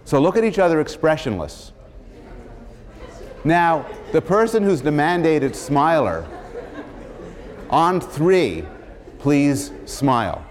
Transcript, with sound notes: So, look at each other expressionless. [laughter] Now, the person who is the mandated smiler, [laughter] on three, please smile.